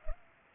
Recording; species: mosquito wingbeat signal from an infrared sensor; Culex pipiens